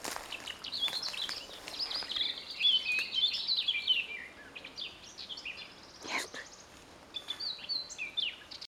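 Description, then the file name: Eurasian blackcap singing a rapid chattering warble that runs into bright whistled phrases, then a pause, a sharp tap and a few later high notes. "Sylvia atricapilla"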